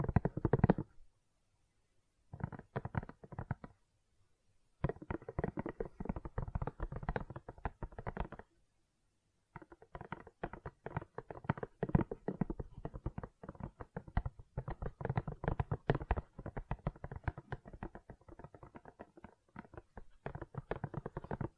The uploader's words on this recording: ASMR Gentle Silicon Sounds for Sleep (No Talking).